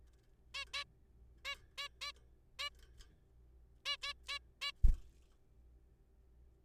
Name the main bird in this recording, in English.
Zebra Finch